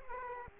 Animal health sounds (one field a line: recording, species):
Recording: mosquito wingbeat signal from an infrared sensor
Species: Aedes aegypti